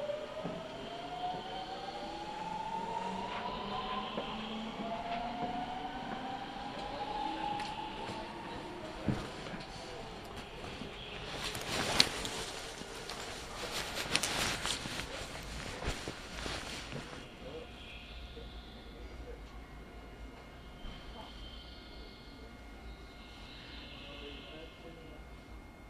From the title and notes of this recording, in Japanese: 耳で楽しむ鉄道旅 南海電鉄南海線 普通 泉佐野→箱作。